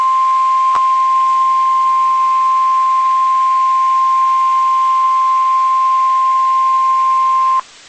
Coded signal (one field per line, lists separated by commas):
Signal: Emergency Alert System (SAME) tones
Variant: 1050 Hz attention tone